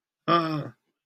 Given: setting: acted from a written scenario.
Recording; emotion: vocal sound without words; distress